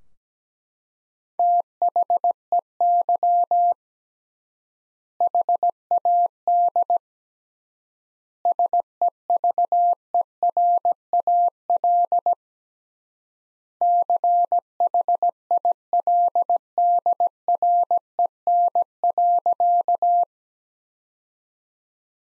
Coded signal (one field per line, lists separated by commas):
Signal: Morse code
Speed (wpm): 17 wpm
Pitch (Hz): 700 Hz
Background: none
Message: THEY HAD SEVERAL CHILDREN.